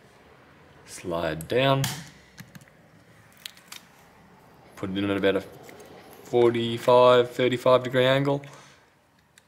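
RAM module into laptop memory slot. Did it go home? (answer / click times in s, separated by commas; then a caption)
yes / 9.4 s. A laptop memory stick (SO-DIMM) is inserted at an angle into its memory slot in an HP Pavilion Power 15-cb062tx laptop and pressed down until the retaining clips catch it. Someone talks while a few faint taps sound between 2.4 and 3.7 s. A short click at 9.4 s marks the module seating into the slot.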